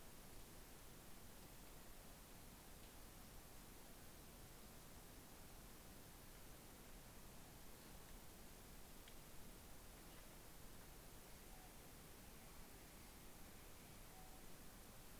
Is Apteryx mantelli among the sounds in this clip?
no